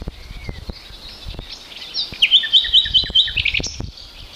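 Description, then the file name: Common nightingale with a short song burst: a rapid series of sharp repeated notes, then softer twitters, over low background rumble. "Luscinia megarhynchos"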